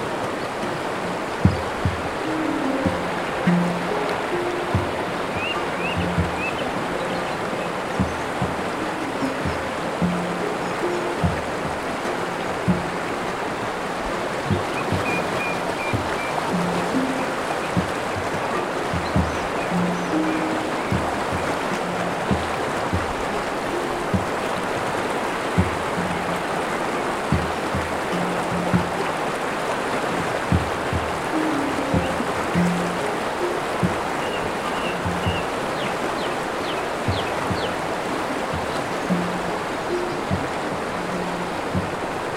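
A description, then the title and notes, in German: A wild forest stream rushes steadily and densely, a full wash of water that never lets up across the whole recording. Low gurgles and knocks of water over stones surface every second or so, and faint high chirps occasionally rise above the flow. Wildbach. Heute erholen wir uns in einen Wald an einem wilden Bach.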